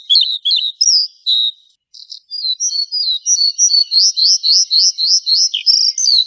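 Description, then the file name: Horsfield's bush lark: a few chirped notes, a brief silence, then a fast even series of high rising-falling whistles. "suara burung branjangan"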